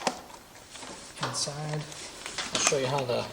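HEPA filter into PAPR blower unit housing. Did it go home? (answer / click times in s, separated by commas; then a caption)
yes / 0.1 s. A HEPA filter for a Miller face shield powered air-purifying respirator (PAPR, 288356) blower unit is pushed back into its plastic housing after cleaning. It pops in with one sharp, short hit at 0.1 s and is seated. Someone then talks for the rest of the clip.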